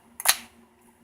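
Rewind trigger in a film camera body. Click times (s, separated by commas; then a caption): 0.2 s. The rewind trigger on a film camera body is pushed and clicks into place with a sharp click at 0.2 s, followed by a louder, bright snap at 0.3 s that fades within about a quarter second. The trigger is seated and goes back into position.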